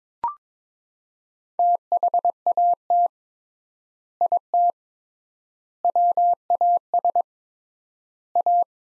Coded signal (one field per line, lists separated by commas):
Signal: Morse code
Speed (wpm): 22 wpm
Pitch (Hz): 700 Hz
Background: none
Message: THAT IT WAS A